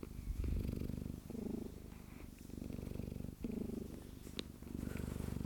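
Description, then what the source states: Cat purring steadily with a low, rapid rumble that swells and fades. Cat named Chrissie, purring.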